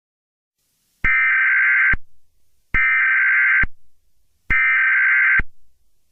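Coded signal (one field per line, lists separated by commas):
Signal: Emergency Alert System (SAME) tones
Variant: header bursts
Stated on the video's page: Fictional scenario with sirens and distorted effects, containing valid and invalid EAS tones.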